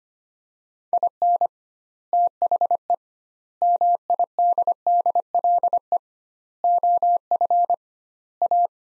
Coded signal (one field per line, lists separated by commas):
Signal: Morse code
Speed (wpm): 25 wpm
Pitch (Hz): 700 Hz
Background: none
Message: IN THE MIDDLE OF A